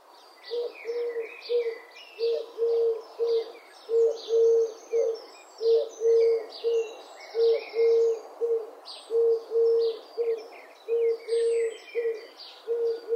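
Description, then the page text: Eurasian collared dove cooing: coo phrases repeated regularly about every two seconds, over busy high chirping and twittering from other small birds. "Голоса птиц - Горлица кольчатая"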